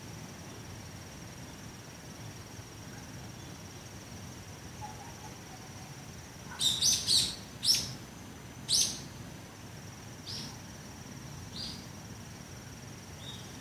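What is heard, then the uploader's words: Birds chirp in windy trees, with a quick cluster of bright, sharp calls between about six and nine seconds, then a few fainter chirps toward the end. A steady low wind rumble runs underneath throughout, along with a thin, constant high whine. とある鳥鳴く風の強い木々の中. Birds singing in the windy trees. 人目につかないところにマイクを放置しといて収録。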